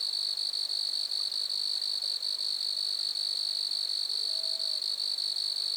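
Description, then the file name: Grasshoppers keep up a shrill, rapidly pulsing buzz without break; a soft, short whistle sounds faintly in the background partway through. Recorded at Lac-à-la-Croix, Montcerf-Lytton, Quebec, Canada. "criquets-grasshoppers- -lac-acc 80-franccca 7 ois-montcerf-lytton-quecc 81 bec-canada"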